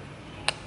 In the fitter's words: ada bunyi cklekan ini udah mulai keluar ini.